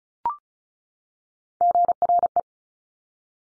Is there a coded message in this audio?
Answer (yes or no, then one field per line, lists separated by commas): yes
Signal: Morse code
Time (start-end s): 1.6-2.4 s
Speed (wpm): 36 wpm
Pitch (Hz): 700 Hz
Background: none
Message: GRE